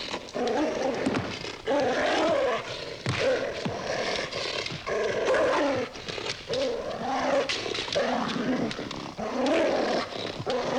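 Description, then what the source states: Dog snarling, harsh rasping bursts of growls and snapping broken by short pauses, throughout. Dog snarling and attacking.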